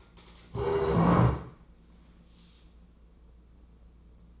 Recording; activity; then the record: daily activity, microphone in the room; stand up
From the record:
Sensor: 1